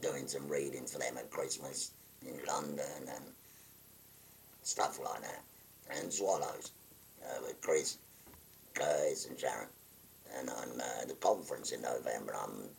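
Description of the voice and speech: A 57-year-old man speaks in short phrases broken by frequent pauses, with a very low, rough, creaky and somewhat breathy voice. This is tracheoesophageal speech after total laryngectomy for stage 4 laryngeal cancer: pressing a button over the stoma, he diverts lung air through a valve and out of the mouth, so throat tissue vibrates in place of the removed voice box.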